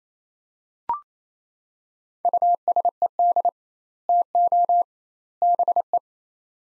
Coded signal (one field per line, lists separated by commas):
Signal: Morse code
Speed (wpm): 27 wpm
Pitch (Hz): 700 Hz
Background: none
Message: USED TO BE